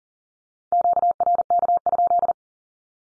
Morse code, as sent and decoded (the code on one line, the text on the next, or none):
--.- .-. -.- ..--..
QRK?